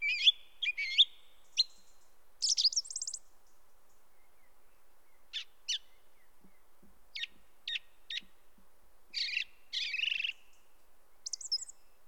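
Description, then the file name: Song thrush song: varied phrases of sharp whistles and chattering notes separated by pauses. "grive musicienne"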